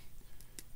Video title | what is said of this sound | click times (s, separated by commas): How to make a LEAD FREE Tail Spin Jig | turn it, and you hear it click. | 0.6 s